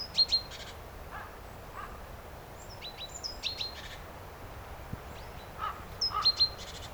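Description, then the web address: Great tit calling with high thin slurred notes and rasping buzzy bursts, mixed with other scattered short whistles and chips against a soft hissing background. "SETE data Parus major"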